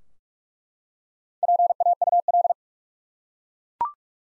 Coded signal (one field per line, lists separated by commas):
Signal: Morse code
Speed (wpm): 46 wpm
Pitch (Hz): 700 Hz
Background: none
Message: PAUL